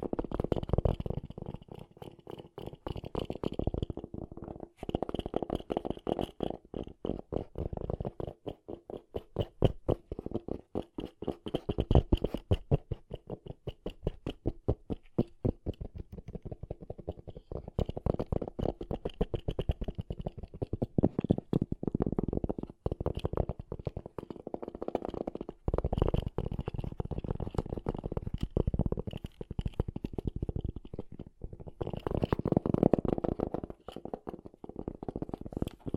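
Fast tapping runs through the whole clip in quick, uneven bursts, dense clusters of sharp taps with brief gaps between them. The taps sound mostly low and thudding with a dull, hollow body, and a faint higher tone rings through at times.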